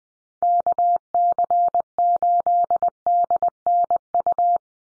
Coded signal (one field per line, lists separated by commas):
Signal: Morse code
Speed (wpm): 20 wpm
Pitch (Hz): 700 Hz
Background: none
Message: KC8DNU